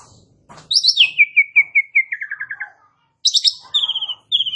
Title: Bunyi Jalak Suren